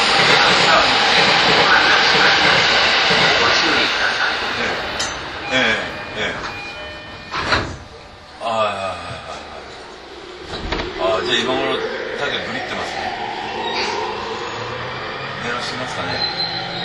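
A Yamanote Line E231 series train on the outer loop, with a loud, dense rushing roar over the first few seconds that eases off by about four seconds. Speech-like voice sounds and short bursts follow, then a softer, steady running hum with rising tones near the end.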